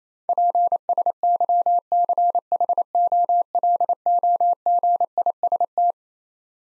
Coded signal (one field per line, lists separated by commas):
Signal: Morse code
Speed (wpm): 27 wpm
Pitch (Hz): 700 Hz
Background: none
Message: PSYCHOLOGIST